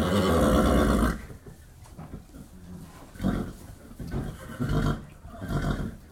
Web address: Sound Effects-BBC Horses Stables. horse whickering in stables one particularly dominant close perspective